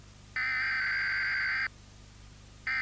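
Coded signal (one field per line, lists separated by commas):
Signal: Emergency Alert System (SAME) tones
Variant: header bursts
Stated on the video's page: Fictional staged EAS hack, presented as a 2007 broadcast but made with added effects.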